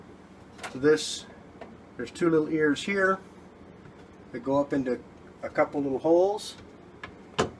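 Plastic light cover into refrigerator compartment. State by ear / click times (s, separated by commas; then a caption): seated / 7.4 s. Someone talks while fitting a plastic light cover into a Maytag refrigerator compartment, with its two little ears going up into a couple of little holes. A faint tap comes at 7.0 s, then a sharp snap at 7.4 s as the cover seats into place.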